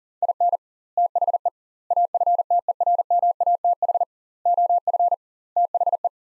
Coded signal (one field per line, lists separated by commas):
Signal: Morse code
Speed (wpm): 40 wpm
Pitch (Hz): 700 Hz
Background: none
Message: IN THE AFTERMATH OF THE